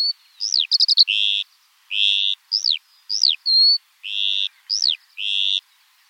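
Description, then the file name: Eurasian skylark song mixing steep down-slurred whistles, a fast stuttered burst and broad buzzy notes, delivered in short varied bursts. Eurasian skylark singing in flight. "alouette des champs en vol"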